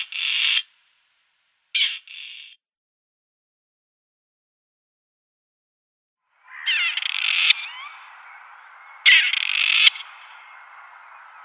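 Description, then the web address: Grey partridge display call: two short grating calls at the start, then a pause, followed by a noisy stretch of rasping bursts with squeaky sliding notes. "Schulze Peter Grey Partridge display"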